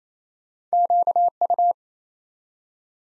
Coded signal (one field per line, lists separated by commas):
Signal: Morse code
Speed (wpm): 27 wpm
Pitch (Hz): 700 Hz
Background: none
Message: QU